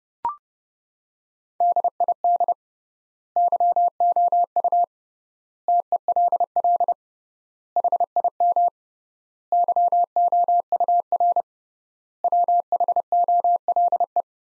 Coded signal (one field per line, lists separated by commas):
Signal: Morse code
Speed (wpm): 30 wpm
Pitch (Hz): 700 Hz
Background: none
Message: DID YOU TELL HIM YOUR WHOLE